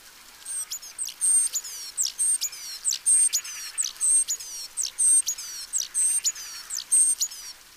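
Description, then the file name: Great tit calling: a busy series of thin, piercing high whistles mixed with quick descending chips. "Parus major"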